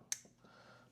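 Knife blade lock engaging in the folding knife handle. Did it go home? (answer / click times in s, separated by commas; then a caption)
yes / 0.1 s. A folding pocket knife's metal bolt-style blade lock engages in the handle with a single sharp, bright click at 0.1 s. Faint low sounds and steady background noise follow. The lock is confirmed seated.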